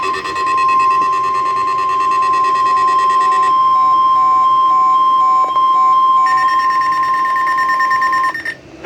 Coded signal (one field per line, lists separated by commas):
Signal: Emergency Alert System (SAME) tones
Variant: 1050 Hz attention tone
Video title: ILX Caught Slipping | EAS Tests From 4/27/2022 (EAS #1,415-1,422)